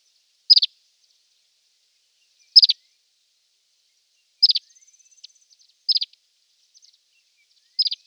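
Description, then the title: Reunion olive white-eye calls: five brief, high, slightly descending chirp clusters spaced roughly every two seconds, with a faint thin high sound between two of them. "Plecir3un. Kicau reunion olive white eye"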